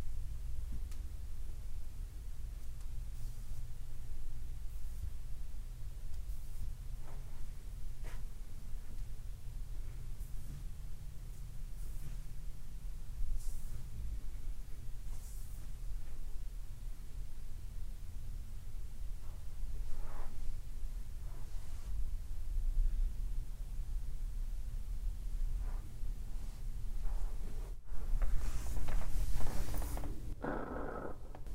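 Clothes rustle softly over a steady low rumble, with brief scattered ticks and scrapes that could be stones shifting. Near the end, around 28 seconds, a sharp crack and a bright hissing flare sound like a match being struck, followed by more rustling.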